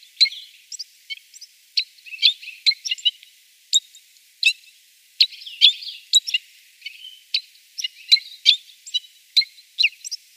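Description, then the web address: Citril finch giving scattered short, high chirps and brief twittering phrases separated by small gaps. "Schulze Peter Citril Finch song"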